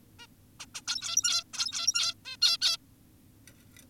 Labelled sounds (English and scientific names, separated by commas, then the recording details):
Zebra Finch (Taeniopygia guttata)
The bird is an adult
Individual g17y2U